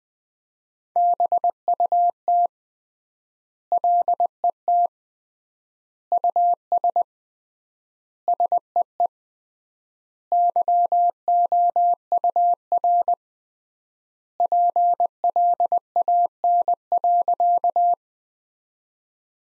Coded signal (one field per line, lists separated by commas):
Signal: Morse code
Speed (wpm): 21 wpm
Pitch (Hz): 700 Hz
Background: none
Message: BUT LET US SEE YOUR PLAN.